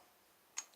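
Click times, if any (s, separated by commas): 0.6 s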